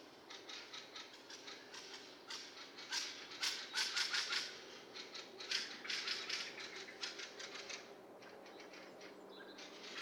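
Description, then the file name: Eurasian blackbird giving a dry, rattling chatter of rapid clicks in uneven bursts, over faint hiss. "Turdus merula"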